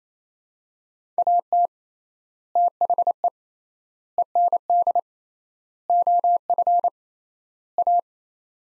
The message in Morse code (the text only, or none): AT THE END OF A